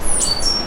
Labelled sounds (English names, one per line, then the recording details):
Stitchbird song
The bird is a male
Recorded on Tiritiri Matangi Island, New Zealand, in 2005
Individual 9, of nest box 11